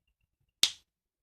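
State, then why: Seated. A plastic cap is pressed hard back onto a refillable alcohol marker barrel. A single sharp, bright click comes at 0.6 s and fades within about two tenths of a second, with near silence before and after. The cap clicks shut and the marker is closed.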